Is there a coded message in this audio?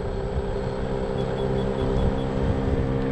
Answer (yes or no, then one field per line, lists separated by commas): no